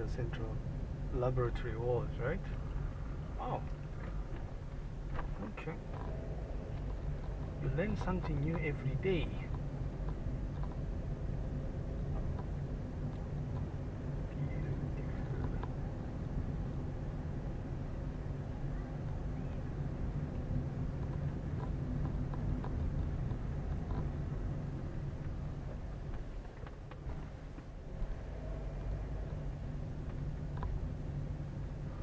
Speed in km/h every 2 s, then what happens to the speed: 14, 13, 13, 16, 19, 20, 21, 21, 21, 21, 21, 21, 12, 10, 14, 16.
0-5 steady at about 13. 5-11 speeds up to 21. 11-22 steady at about 21. 22-25 brakes to 10.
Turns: none.